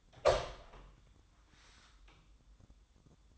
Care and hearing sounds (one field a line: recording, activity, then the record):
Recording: daily activity, microphone in the room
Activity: open door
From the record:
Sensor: 3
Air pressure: 1004.9 hPa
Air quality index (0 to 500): 76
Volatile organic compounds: 2 ppm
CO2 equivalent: 1148 ppm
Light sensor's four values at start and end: 8/19/8/7 and 8/19/8/7